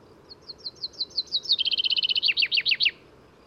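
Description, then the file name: Common chaffinch singing: a cascade of high notes, then a dense trill, ending with four emphatic, swooping downslurred notes. "Fringilla coelebs"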